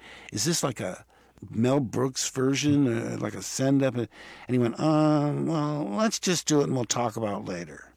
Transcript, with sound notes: is this, like, a Mel Brooks version? Like a send-up? And he went, (impersonating George Lucas) well, let's just do it, and we'll talk about it later.